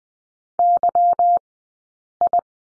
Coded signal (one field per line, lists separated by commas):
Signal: Morse code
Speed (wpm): 19 wpm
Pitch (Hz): 700 Hz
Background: none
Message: Y I